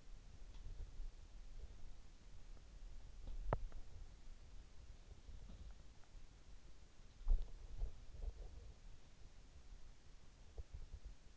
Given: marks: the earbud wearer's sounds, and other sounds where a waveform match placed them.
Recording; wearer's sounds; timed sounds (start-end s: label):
sounds in sleep by an in-ear microphone; body movement
0.00-11.37 s: body movement